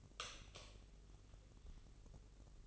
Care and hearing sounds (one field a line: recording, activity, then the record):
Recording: daily activity, microphone in the room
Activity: light off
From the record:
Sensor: 4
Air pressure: 996.1 hPa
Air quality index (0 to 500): 65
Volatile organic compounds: 2 ppm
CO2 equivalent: 1166 ppm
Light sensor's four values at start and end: 17/43/17/17 and 13/31/12/11